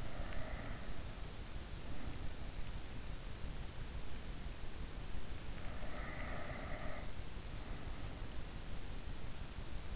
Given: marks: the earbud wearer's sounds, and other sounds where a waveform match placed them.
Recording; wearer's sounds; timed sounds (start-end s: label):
sounds in sleep by an in-ear microphone; breath
0.00-2.40 s: breath
5.49-7.95 s: breath